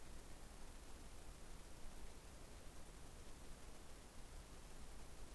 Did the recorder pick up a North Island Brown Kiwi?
no